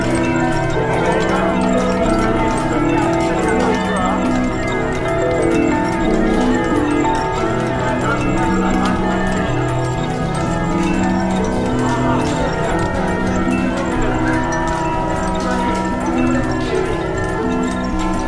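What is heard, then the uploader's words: Cathedral bells in Siena ring densely and continuously, overlapping tones sustaining at steady loudness, with faint voices beneath and bright metallic shimmer above. Duomo, Siena, Italy.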